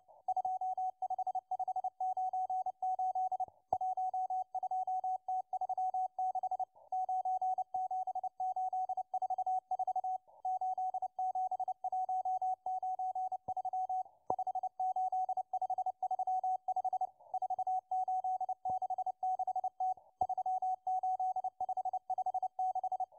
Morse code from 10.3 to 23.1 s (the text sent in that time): 87193 58535 4866T 38556